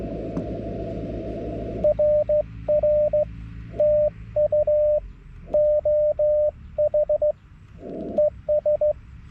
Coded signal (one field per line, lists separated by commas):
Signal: Morse code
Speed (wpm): 15 wpm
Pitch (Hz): 600 Hz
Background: radio noise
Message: RR TU OH ES